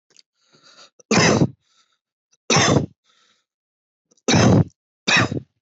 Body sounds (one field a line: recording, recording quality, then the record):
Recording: shallow voluntary cough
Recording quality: excellent, no background noise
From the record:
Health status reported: healthy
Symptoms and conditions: none ticked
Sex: male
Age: 33 years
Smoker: not ticked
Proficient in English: yes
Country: United States